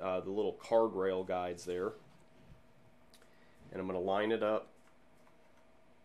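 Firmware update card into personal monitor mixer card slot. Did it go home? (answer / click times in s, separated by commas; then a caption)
no / none. Someone talks while lining up a firmware update card with the card rail guides of a Hear Back PRO personal monitor mixer's card slot and starting to slide it in, with quiet handling between phrases and only a faint brief tick around 3.1 s. The card has not clicked or seated yet; the final push comes later.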